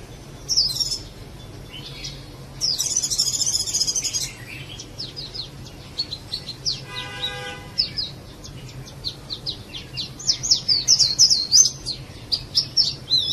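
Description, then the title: Java sparrow chirping: rapid high tinkling notes come in uneven bursts, with a brief harsh harmonic note midway and a busier, denser run of chips toward the end. "kicau gelatik"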